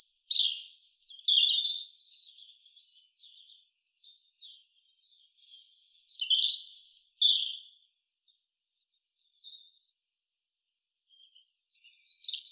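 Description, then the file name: European robin song: two loud bursts of high, rapid twittering and thin whistles with soft, scattered high notes between and after, on a quiet background. "Erithacus rubecula"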